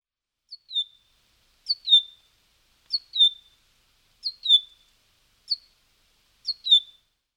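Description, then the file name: Common chaffinch calls: a short high note followed by a louder note that slurs downward, the pair repeated about every second in a quiet setting. "Fringilla coelebs"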